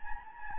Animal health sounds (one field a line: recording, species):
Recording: mosquito wingbeat signal from an infrared sensor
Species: Anopheles gambiae